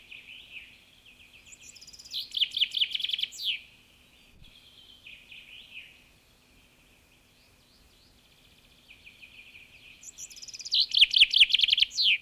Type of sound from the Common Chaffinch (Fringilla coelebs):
song